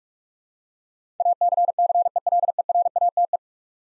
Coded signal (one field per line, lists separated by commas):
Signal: Morse code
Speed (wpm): 44 wpm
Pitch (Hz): 700 Hz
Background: none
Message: ACCELERATE